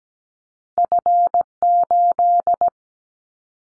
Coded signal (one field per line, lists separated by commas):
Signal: Morse code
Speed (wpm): 17 wpm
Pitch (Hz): 700 Hz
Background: none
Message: F8